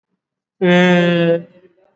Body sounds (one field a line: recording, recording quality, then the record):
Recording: sustained vowel as in made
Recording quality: excellent, no background noise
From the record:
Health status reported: exposed to COVID-19, no respiratory illness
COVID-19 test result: not tested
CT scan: not taken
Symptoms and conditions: none ticked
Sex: male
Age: 20 years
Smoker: no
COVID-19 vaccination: both doses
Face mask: worn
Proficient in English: yes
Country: India